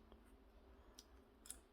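With the lever opened after it had been locked, a tool module is pushed into the frame of a GOAT Tools modular multitool. A few faint ticks come first, then a sharp click at 1.5 s as the module seats in place.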